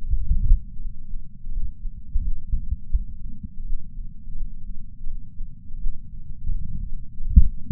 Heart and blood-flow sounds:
heart sounds by patch sensor on the chest; 84 bpm
0.09 s: heartbeat
0.79 s: heartbeat
1.51 s: heartbeat
2.22 s: heartbeat
2.93 s: heartbeat
3.64 s: heartbeat
4.35 s: heartbeat
5.07 s: heartbeat
5.79 s: heartbeat
6.49 s: heartbeat
7.20 s: heartbeat
From the record:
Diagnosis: coronary artery disease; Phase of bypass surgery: postoperative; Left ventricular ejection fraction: 59.9%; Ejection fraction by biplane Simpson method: 56%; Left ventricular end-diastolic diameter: 50 mm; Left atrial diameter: 38 mm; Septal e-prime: 8.6 cm/s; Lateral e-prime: 8.8 cm/s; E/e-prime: 7.7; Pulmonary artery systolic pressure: 23 mmHg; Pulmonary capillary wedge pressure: 16 mmHg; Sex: male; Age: 69 years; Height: 160 cm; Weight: 69 kg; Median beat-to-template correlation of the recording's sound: 0.74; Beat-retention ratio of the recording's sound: 0.99

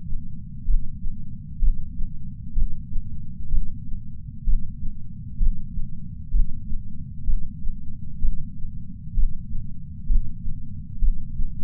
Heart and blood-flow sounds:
heart sounds by patch sensor on the chest; 64 bpm
0.64 s: heartbeat
1.58 s: heartbeat
2.52 s: heartbeat
3.48 s: heartbeat
4.43 s: heartbeat
5.36 s: heartbeat
6.29 s: heartbeat
7.23 s: heartbeat
8.18 s: heartbeat
9.13 s: heartbeat
10.05 s: heartbeat
10.98 s: heartbeat
From the record:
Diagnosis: coronary artery disease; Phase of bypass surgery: intraoperative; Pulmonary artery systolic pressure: 22 mmHg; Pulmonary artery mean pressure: 15 mmHg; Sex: female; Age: 60 years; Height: 158 cm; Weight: 54 kg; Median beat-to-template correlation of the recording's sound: 0.93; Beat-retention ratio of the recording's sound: 0.95

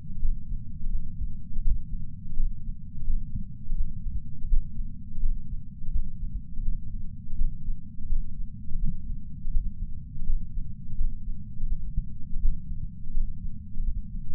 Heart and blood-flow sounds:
heart sounds by patch sensor on the chest; 84 bpm
0.20 s: heartbeat
0.90 s: heartbeat
1.62 s: heartbeat
2.35 s: heartbeat
3.05 s: heartbeat
3.75 s: heartbeat
4.48 s: heartbeat
5.20 s: heartbeat
5.91 s: heartbeat
6.63 s: heartbeat
7.36 s: heartbeat
8.07 s: heartbeat
8.79 s: heartbeat
9.51 s: heartbeat
10.25 s: heartbeat
10.96 s: heartbeat
11.67 s: heartbeat
12.40 s: heartbeat
13.12 s: heartbeat
13.83 s: heartbeat
From the record:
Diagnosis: coronary artery disease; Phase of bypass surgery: postoperative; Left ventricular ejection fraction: 60.9%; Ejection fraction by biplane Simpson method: 59.5%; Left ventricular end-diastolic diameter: 49 mm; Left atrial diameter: 39 mm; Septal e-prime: 6.3 cm/s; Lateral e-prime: 6.7 cm/s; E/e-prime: 11.5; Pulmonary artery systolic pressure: 33 mmHg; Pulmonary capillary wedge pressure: 2 mmHg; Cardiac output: 6.3 L/min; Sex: male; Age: 71 years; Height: 162 cm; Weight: 75 kg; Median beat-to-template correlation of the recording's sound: 0.79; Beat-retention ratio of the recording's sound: 1.00

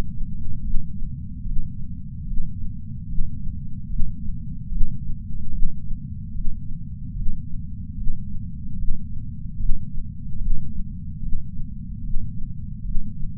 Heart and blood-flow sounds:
heart sounds by patch sensor on the chest; 74 bpm
0.60 s: heartbeat
1.42 s: heartbeat
2.24 s: heartbeat
3.05 s: heartbeat
3.87 s: heartbeat
4.68 s: heartbeat
5.50 s: heartbeat
6.31 s: heartbeat
7.12 s: heartbeat
7.94 s: heartbeat
8.75 s: heartbeat
9.56 s: heartbeat
10.38 s: heartbeat
11.18 s: heartbeat
12.00 s: heartbeat
12.82 s: heartbeat
From the record:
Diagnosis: coronary artery disease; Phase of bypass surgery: intraoperative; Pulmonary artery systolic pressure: 14 mmHg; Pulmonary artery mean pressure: 10 mmHg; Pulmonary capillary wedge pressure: 9 mmHg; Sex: female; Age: 74 years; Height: 160 cm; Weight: 64 kg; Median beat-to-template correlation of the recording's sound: 0.90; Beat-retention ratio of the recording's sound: 0.99

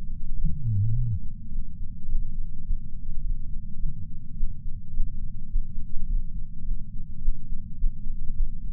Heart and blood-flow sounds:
heart sounds by patch sensor on the chest; 105 bpm
0.36 s: heartbeat
0.94 s: heartbeat
1.50 s: heartbeat
2.07 s: heartbeat
2.63 s: heartbeat
3.21 s: heartbeat
3.79 s: heartbeat
4.35 s: heartbeat
4.92 s: heartbeat
5.48 s: heartbeat
6.06 s: heartbeat
6.63 s: heartbeat
7.20 s: heartbeat
7.76 s: heartbeat
8.34 s: heartbeat
From the record:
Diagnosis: coronary artery disease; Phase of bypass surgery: postoperative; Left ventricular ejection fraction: 54.7%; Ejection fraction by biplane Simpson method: 51.3%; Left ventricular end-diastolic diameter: 46 mm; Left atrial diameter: 45 mm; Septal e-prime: 5.3 cm/s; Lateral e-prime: 7.1 cm/s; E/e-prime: 10.6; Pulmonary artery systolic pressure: 26 mmHg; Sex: male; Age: 58 years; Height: 182 cm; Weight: 89 kg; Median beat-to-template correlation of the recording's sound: 0.72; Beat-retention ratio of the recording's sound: 0.99

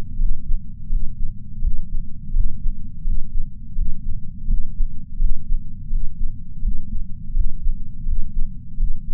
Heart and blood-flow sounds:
heart sounds by patch sensor on the chest; 84 bpm
0.18 s: heartbeat
0.90 s: heartbeat
1.62 s: heartbeat
2.33 s: heartbeat
3.05 s: heartbeat
3.76 s: heartbeat
4.47 s: heartbeat
5.19 s: heartbeat
5.90 s: heartbeat
6.62 s: heartbeat
7.34 s: heartbeat
8.06 s: heartbeat
8.77 s: heartbeat
From the record:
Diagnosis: coronary artery disease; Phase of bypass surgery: preoperative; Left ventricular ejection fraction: 63.3%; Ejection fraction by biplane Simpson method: 60.1%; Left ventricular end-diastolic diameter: 44 mm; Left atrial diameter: 34 mm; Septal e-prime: 5.7 cm/s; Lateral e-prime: 6.6 cm/s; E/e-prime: 12.8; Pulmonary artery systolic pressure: 18 mmHg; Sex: female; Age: 71 years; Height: 150 cm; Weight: 59 kg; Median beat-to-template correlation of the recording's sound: 0.93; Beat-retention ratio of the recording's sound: 0.99

